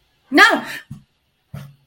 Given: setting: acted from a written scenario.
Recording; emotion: vocal sound without words; negative surprise